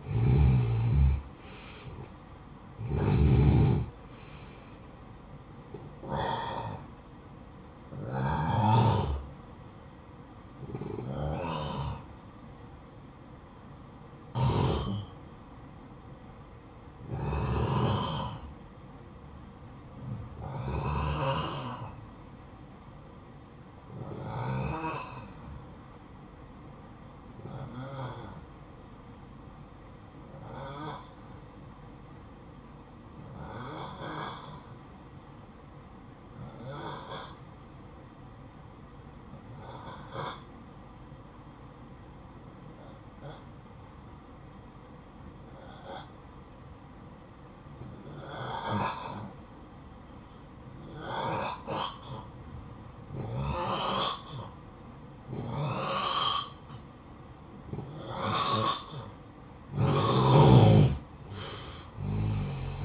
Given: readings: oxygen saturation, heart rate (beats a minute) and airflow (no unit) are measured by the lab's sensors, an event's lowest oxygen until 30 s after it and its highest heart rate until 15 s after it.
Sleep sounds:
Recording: breathing in sleep by a smartphone at the bedside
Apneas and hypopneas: 1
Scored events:
14.00-56.20 s: hypopnea (N1, oxygen 94% highest, then 86% lowest, heart rate 59 at the start, 69 highest)
24.00-54.00 s: new sleep stage, N2 (light sleep)
54.00-62.84 s: new sleep stage, N1 (lightest sleep)
From the record:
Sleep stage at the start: N1 (lightest sleep)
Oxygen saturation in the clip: 85 to 94%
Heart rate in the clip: 53 to 70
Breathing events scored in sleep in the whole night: 573 in 9.8 hours asleep

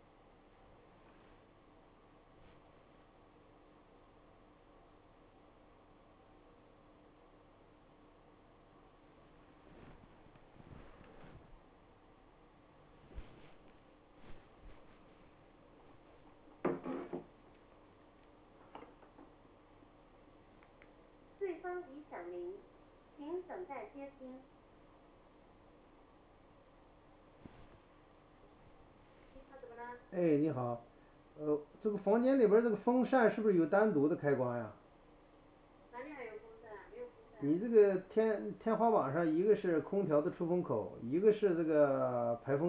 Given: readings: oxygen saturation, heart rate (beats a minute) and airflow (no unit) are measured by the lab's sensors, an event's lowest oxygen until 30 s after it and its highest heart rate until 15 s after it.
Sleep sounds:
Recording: a person awake in a sleep study, by a voice recorder at the bedside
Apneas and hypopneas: none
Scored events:
0.00-42.69 s: awake
From the record:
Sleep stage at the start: awake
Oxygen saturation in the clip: 93 to 95%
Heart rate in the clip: 50 to 73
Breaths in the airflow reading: 13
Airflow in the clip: -6.8 to 10.5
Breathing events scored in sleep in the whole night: 207 in 7.6 hours asleep

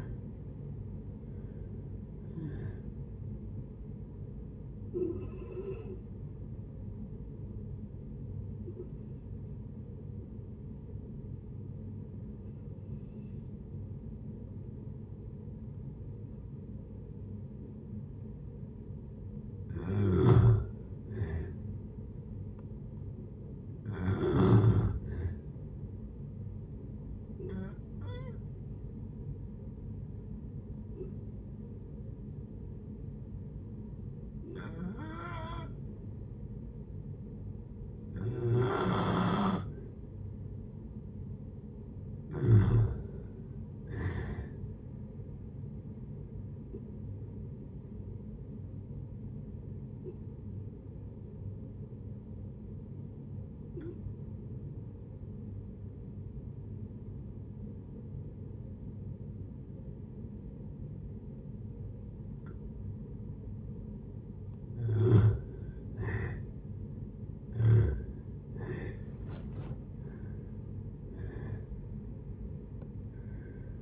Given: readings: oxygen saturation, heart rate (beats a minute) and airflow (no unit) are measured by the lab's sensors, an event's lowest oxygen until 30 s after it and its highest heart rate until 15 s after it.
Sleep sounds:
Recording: breathing in sleep by a smartphone at the bedside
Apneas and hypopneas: 3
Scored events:
4.00-18.90 s: hypopnea (N1, oxygen 96% highest, then 89% lowest)
19.00-73.82 s: new sleep stage, N2 (light sleep)
26.00-41.80 s: hypopnea (N2, oxygen 94% highest, then 88% lowest)
47.00-66.30 s: hypopnea (N2, oxygen 94% highest, then 85% lowest)
From the record:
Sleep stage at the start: N1 (lightest sleep)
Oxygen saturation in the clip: 87 to 97%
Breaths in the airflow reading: 15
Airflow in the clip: -8.2 to 8.1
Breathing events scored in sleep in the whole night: 496 in 5.4 hours asleep

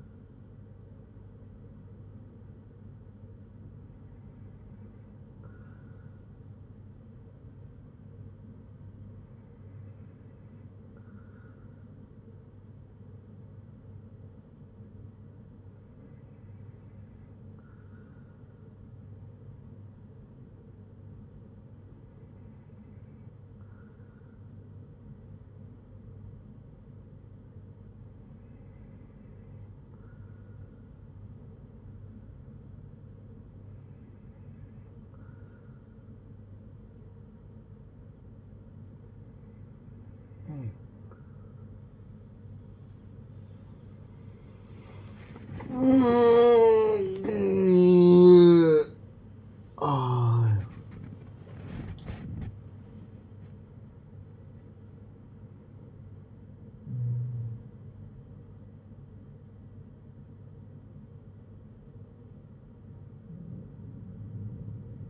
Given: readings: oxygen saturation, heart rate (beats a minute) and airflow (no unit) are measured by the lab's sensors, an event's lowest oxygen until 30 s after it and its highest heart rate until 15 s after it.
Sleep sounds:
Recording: breathing in sleep by a smartphone at the bedside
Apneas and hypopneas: none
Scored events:
51.00-65.10 s: new sleep stage, N1 (lightest sleep)
From the record:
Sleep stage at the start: N2 (light sleep)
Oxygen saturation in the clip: 94 to 95%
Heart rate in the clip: 60 to 94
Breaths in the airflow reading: 10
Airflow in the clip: -11.6 to 14.8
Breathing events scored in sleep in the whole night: 182 in 7.4 hours asleep

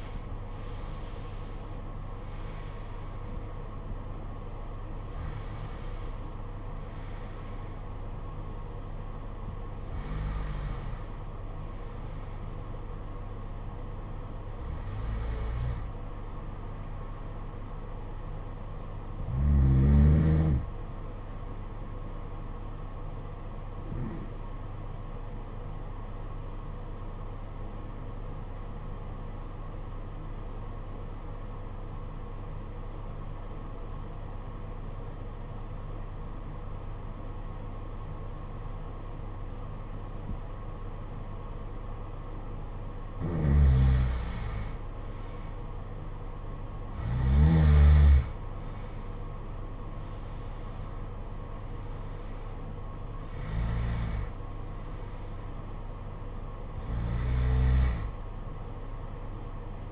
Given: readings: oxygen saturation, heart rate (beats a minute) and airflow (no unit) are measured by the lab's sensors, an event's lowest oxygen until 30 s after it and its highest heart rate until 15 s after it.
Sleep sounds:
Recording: breathing in sleep by a smartphone at the bedside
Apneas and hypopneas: 1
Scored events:
26.00-44.50 s: obstructive apnea (N1, oxygen 96% highest, then 83% lowest, heart rate 49 at the start, 65 highest)
From the record:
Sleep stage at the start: N1 (lightest sleep)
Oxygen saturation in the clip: 71 to 96%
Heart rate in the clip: 47 to 92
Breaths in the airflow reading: 10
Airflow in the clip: -13.3 to 16.6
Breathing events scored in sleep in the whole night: 476 in 9.7 hours asleep

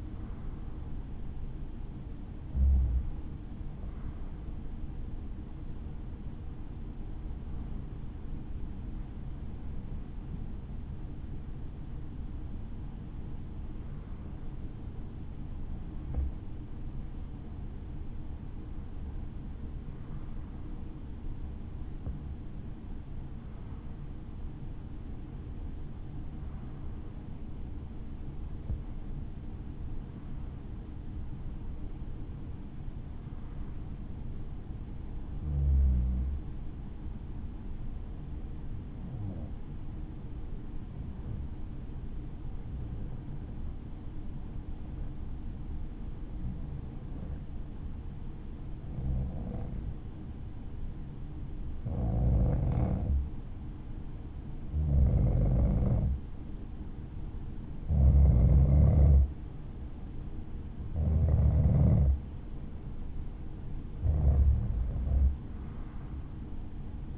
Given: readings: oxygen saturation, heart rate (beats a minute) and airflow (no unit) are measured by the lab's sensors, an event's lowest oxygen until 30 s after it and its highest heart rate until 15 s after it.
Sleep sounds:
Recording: breathing in sleep by a smartphone at the bedside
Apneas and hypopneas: 1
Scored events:
30.00-54.80 s: hypopnea (REM, oxygen 97% highest, then 91% lowest, heart rate 54 at the start, 60 highest)
47.00-67.18 s: new sleep stage, N1 (lightest sleep)
From the record:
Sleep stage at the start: REM sleep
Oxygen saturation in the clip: 93 to 97%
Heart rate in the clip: 53 to 65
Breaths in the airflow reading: 22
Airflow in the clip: -5.1 to 5.2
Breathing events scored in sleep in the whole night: 216 in 7.0 hours asleep

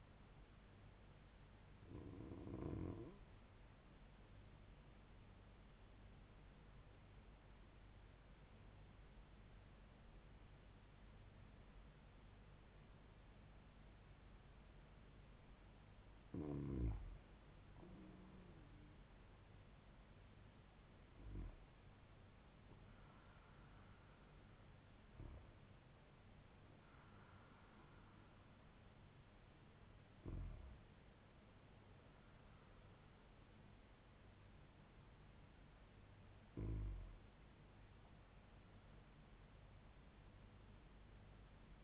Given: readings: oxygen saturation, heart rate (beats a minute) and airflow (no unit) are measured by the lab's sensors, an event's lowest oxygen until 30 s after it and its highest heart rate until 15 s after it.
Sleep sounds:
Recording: breathing in sleep by a voice recorder at the bedside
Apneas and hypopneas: 1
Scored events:
4.00-19.80 s: hypopnea (REM, oxygen 96% highest, then 93% lowest, heart rate 74 at the start, 79 highest)
From the record:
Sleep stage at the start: REM sleep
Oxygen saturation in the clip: 93 to 98%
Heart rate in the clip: 63 to 79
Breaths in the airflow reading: 7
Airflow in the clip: -3.0 to 4.8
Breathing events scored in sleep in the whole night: 158 in 7.3 hours asleep

